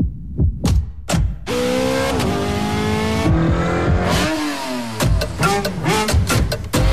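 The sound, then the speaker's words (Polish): A car engine revs hard, opening with a few sharp throttle blips before a sustained roar that climbs and falls in pitch, then ends in another quick run of loud revs. “Kiedy masz je w baku, samochód, silnik i jego moc sprawią, że poczujesz”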